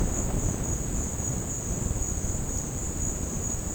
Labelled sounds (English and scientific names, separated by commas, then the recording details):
none
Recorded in secondary vegetation near Puerto Asís, Putumayo, Colombia, on 13 March 2025 at 13:00
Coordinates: 0.481, -76.318
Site G097